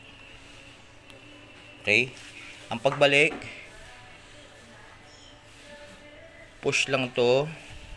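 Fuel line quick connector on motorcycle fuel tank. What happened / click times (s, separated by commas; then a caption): Handled, not yet home: no seating click heard / none. On a CB400 REVO motorcycle fuel tank, the plastic lock of the fuel line quick connector is being handled and pushed back in, while someone talks in two bursts over a quiet background with a faint tick near 1.1 s. Nothing has seated or clicked yet when the clip ends.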